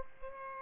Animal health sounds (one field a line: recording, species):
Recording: mosquito wingbeat signal from an infrared sensor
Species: Aedes aegypti